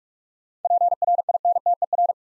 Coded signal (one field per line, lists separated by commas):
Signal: Morse code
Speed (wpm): 44 wpm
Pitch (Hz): 700 Hz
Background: none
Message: PRINTER